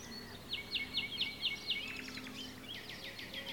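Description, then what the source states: Birds: a bright trill of evenly spaced sharp notes, a short descending flurry, then another quick trilled series, over a steady low hum. Recorded at Comacchio lake.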